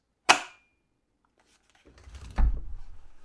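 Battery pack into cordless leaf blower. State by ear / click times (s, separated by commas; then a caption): seated / 0.3 s. A 20 V lithium battery pack slides into the handle of a cordless leaf blower, with its switch in the off position, and locks in place with a single loud, sharp snap at 0.3 s. After a quiet pause, soft rustling and low rumbling handling noise follows from about 1.9 s, with a duller thump near 2.4 s.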